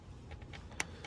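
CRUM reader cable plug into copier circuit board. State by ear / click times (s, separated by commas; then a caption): seated / 0.8 s. The blue cable plug of a toner CRUM chip reader for a Xerox C81xx copier is pushed back into its socket on the circuit board. A sharp click is heard at 0.8 s, with a few fainter taps around it, and the plug is seated.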